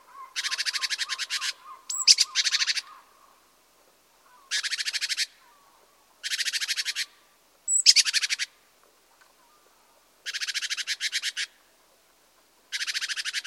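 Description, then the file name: Great tit giving harsh, buzzy churring bursts, each about a second long, repeated with irregular silent gaps; a faint lower series of notes sounds early on. "Parus major"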